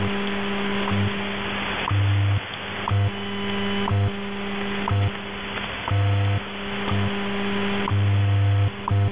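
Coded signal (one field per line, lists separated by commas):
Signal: radio time signal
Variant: WWVH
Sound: short clicks about once a second over hiss, with a low buzzing hum switching on and off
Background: radio static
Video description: WWVH transmitting test signals in 15000 kHz, at minute 48, this catch was at 00:48 UTC, May 26 2022.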